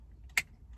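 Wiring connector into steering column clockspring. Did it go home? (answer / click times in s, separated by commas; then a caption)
yes / 0.4 s. A plastic electrical connector is pushed into the new clockspring on the steering column of a 1997–2001 Jeep Wrangler TJ/XJ. One sharp, loud click sounds at 0.4 s over a low background hum. The connector seats and is connected.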